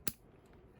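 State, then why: Seated. A plastic keycap puller from the kit is pushed down over a keycap on an Attack Shark K86 mechanical keyboard being customized with Pudim keycaps, until its arms snap under the cap. A single sharp, bright click at 0.1 s is followed by near silence with only a faint tick around 0.5 s. The puller is seated on the keycap, ready to pull it off.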